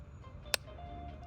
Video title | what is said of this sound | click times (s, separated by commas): SALVATORE FERRAGAMO SPICY LEATHER - Hidden Gem or Overhyped? - PLUS Free Giveaway - iSMELL 🧿🔥🔥 | It will click into place, | 0.5 s